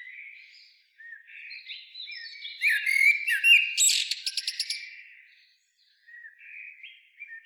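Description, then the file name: Eurasian blackbird delivering a rich fluty warble that rises into a rapid, squeaky chattering flourish, with softer whistled notes before and after. "Turdus merula"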